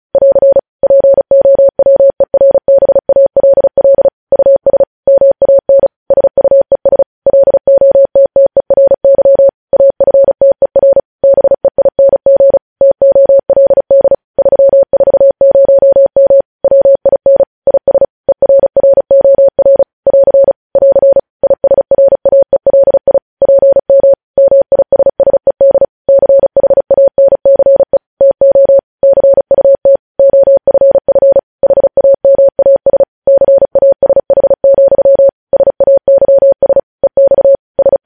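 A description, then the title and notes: Morse code beeps as a single steady mid-pitched tone keyed rapidly on and off in dense, irregular dots and dashes throughout, with no background sound. Morse code transcription.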